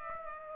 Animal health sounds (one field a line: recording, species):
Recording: mosquito wingbeat signal from an infrared sensor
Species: Aedes aegypti